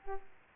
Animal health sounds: mosquito wingbeat signal from an infrared sensor; Aedes aegypti

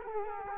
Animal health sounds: mosquito wingbeat signal from an infrared sensor; Culex quinquefasciatus

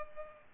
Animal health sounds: mosquito wingbeat signal from an infrared sensor; Culex pipiens

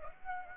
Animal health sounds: mosquito wingbeat signal from an infrared sensor; Aedes aegypti

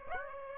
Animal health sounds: mosquito wingbeat signal from an infrared sensor; Aedes aegypti

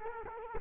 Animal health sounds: mosquito wingbeat signal from an infrared sensor; Culex quinquefasciatus

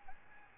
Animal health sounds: mosquito wingbeat signal from an infrared sensor; Aedes albopictus

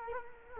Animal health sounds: mosquito wingbeat signal from an infrared sensor; Culex quinquefasciatus

